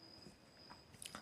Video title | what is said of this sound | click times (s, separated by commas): 16mm drip perfect drill bit selection work as easy and simple #drip #sbo #sbotvm #workfromhome | சுலபமா lock ஆகும். | 1.1 s